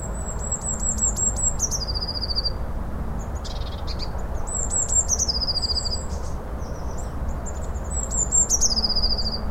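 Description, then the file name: Eurasian blue tit song: a few piercing high notes sliding down into a quick lower trill, repeated about every four seconds, with scattered ticks and steady rumble. "Cyanistes caeruleus"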